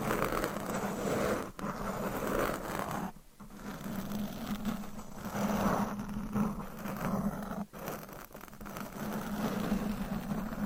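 Dense scratching rasps steadily across a microphone, a rough scraping texture with a low hum underneath around the middle. The strokes run continuously with brief pauses near three and a half and seven and a half seconds, then resume at the same intensity.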